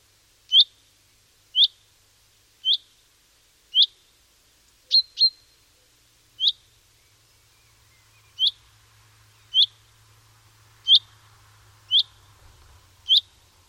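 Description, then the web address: Common chaffinch repeating a sharp, clipped 'pink' call roughly once a second, a dozen or so times, one doubled, over a faint low hum late on. "Deverinetal"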